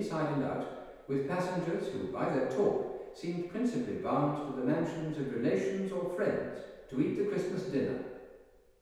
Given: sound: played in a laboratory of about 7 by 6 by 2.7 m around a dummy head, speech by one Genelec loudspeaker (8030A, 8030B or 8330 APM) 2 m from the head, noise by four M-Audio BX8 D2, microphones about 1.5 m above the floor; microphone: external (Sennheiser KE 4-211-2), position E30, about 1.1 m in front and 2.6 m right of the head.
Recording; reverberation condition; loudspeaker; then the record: male speech in English; high; 150 degrees to the left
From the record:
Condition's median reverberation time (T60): about 1300 ms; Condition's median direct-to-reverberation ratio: about -4.0 dB